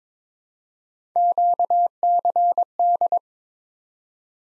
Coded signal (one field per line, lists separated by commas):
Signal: Morse code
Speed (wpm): 22 wpm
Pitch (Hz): 700 Hz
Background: none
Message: QCD